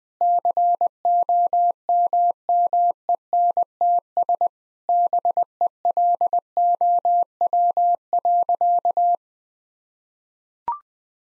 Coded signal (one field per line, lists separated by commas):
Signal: Morse code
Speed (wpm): 20 wpm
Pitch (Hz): 700 Hz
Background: none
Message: COMMENTS BELOW.